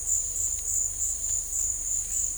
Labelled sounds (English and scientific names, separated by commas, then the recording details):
none
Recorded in dense forest near Puerto Asís, Putumayo, Colombia, on 18 December 2024 at 15:00
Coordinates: 0.484, -76.317
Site G026